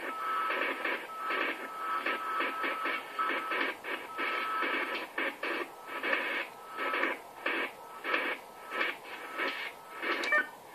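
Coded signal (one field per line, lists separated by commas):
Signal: unidentified radio signal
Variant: AMIS smart meter powerline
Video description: AMIS Signal der Energie-AG Oberösterreich im Langwellenbereich stören unter anderem den DCF-77 Zeitzeichenempfang sehr stark!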